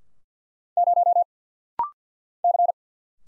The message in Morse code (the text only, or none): 0 C